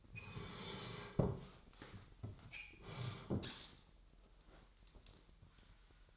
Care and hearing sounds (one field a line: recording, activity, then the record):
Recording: daily activity, microphone in the room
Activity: sit down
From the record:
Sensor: 3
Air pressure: 998.6 hPa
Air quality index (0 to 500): 127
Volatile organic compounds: 3 ppm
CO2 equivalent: 1523 ppm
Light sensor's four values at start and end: 8/17/7/8 and 7/17/7/7